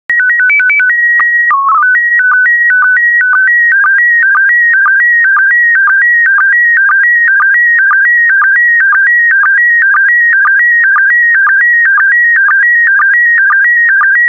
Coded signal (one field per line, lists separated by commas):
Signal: SSTV (slow-scan television)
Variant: PD 120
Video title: 6075 Wild Animals SSTV PD120